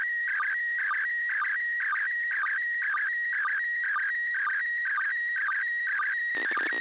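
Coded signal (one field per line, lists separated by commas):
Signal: SSTV (slow-scan television)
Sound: warbling, chirping tone with a regular ticking sync pulse about twice a second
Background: radio static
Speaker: I tried a second time and this picture is a little clearer on the top you can see the olds mirror station and an American astronaut Jerry Linenger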